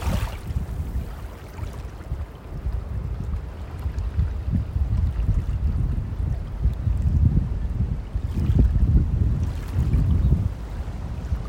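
A beach in the morning, heard as a low, rumbling wash that swells and eases without pause, with stronger surges around the middle and near the tenth second. Gusts of wind buffet the microphone, and a faint engine-like drone, perhaps a boat, sits underneath.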